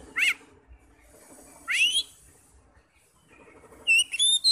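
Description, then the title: Oriental magpie-robin giving a few sharp whistled notes separated by pauses, ending with a burst of high ringing phrases. "Kacer"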